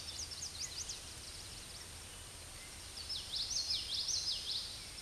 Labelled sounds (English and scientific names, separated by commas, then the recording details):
Common Yellowthroat (Geothlypis trichas) song
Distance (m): 25 m
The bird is about level with the microphone
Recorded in a Pennsylvania forest on 16 May 2024 at 07:57
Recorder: AudioMoth, point MSD-2304
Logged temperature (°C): 16.0 °C
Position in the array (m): 232 m, 176 m